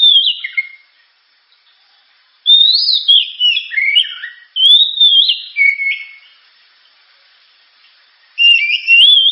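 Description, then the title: Oriental magpie-robin delivering several bursts of bright whistled and warbled phrases, with silent gaps between them. Described as a loud, sharp, very powerful song used to prompt and train other birds to sing. "Kacer Gacor Suara Tajam. Kacer Gacor Suara Super Kenceng Cocok untuk Pancingan"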